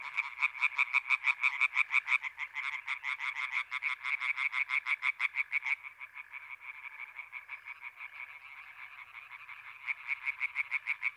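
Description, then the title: European tree frog chorus, loud quick croak series from frogs that fade for a few seconds into a background rattle, then return. Chorus at Étang des Marguilliers pond, Sologne, France, 21 May 1993, one hour after nightfall, intense calling activity. "Choeur de rainettes en Sologne"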